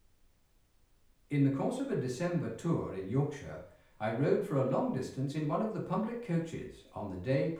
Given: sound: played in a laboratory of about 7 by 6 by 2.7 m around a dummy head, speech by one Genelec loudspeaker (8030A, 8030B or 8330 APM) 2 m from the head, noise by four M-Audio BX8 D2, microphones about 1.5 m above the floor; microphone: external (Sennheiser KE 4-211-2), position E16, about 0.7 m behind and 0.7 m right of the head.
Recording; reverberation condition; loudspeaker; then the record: male speech in English; medium; in front (0 degrees)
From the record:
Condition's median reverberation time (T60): about 510 ms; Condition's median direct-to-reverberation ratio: about -0.5 dB